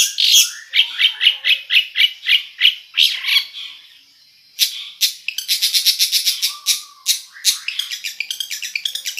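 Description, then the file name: Long-tailed Shrike song of bright, repeated chattering notes, a short pause, then a faster, denser burst of harsh high notes. "suara cendet"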